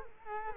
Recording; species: mosquito wingbeat signal from an infrared sensor; Culex quinquefasciatus